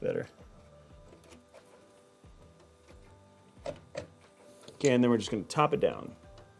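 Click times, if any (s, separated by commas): none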